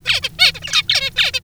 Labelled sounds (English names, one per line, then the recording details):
Zebra Finch song
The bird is a male
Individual mal2